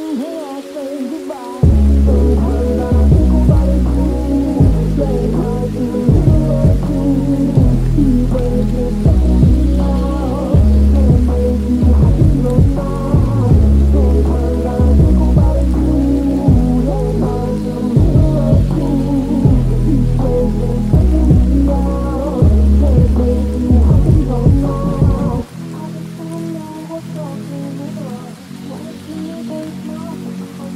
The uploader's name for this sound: raining sounds